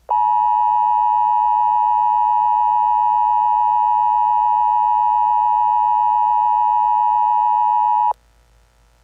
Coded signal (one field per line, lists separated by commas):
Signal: Emergency Alert System (SAME) tones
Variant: 853 and 960 Hz attention tone